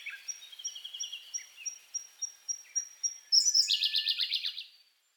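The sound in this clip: Siberian blue robin song: a series of thin, high ticking notes about four per second, then a loud, fast, buzzy rattling trill lasting over a second.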